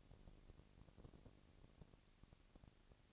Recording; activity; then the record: daily activity, microphone in the room; no activity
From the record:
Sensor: 4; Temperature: 22.4 degrees Celsius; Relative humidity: 31.9%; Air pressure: 997.9 hPa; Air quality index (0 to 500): 203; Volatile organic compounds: 17 ppm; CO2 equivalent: 2572 ppm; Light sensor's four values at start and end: 2/3/1/1 and 2/3/1/1